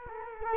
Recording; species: mosquito wingbeat signal from an infrared sensor; Culex quinquefasciatus